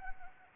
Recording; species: mosquito wingbeat signal from an infrared sensor; Anopheles arabiensis